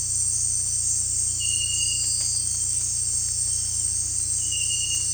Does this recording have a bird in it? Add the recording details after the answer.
no. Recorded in dense forest near Puerto Asís, Putumayo, Colombia, on 16 December 2024 at 18:00. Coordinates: 0.467, -76.328. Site GP05